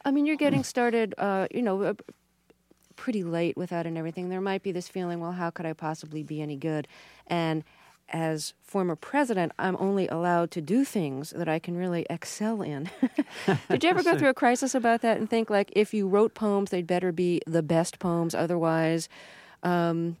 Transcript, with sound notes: I mean, you're getting started, you know, pretty late with that and everything. There might be this feeling, "Well, how could I possibly be any good? And as former president, I'm only allowed to do things that I can really excel in."
(LAUGHTER)
Did you ever go through a crisis about that and think, like, if you wrote poems, they'd better be the best poems, otherwise